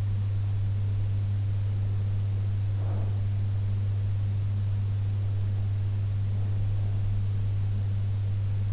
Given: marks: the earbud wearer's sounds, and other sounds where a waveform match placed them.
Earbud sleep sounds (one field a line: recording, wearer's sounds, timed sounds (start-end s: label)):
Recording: sounds in sleep by an in-ear microphone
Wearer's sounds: breath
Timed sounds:
2.65-3.31 s: breath